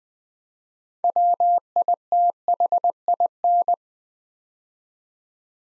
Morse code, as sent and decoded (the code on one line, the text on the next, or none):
.-- .. - .... .. -.
WITHIN